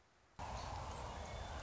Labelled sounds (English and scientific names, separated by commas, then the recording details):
Song Sparrow (Melospiza melodia)
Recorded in Sonoma County, California